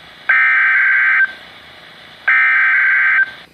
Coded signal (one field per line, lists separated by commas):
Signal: Emergency Alert System (SAME) tones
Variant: header bursts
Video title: EAS #41-42 - Tropical Storm Warnings